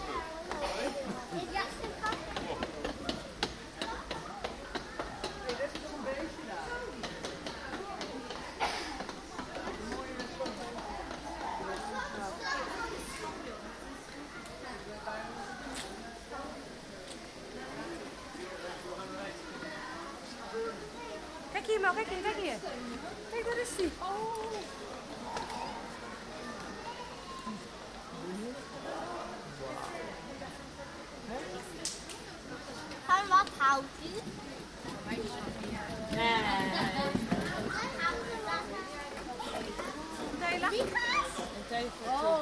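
Visitors chatter around a walk through the zoo, with overlapping voices of adults and children filling the whole recording at a fairly steady level. Brief sharper sounds, like clicks or raised voices, break through now and then, especially around the middle and near the end.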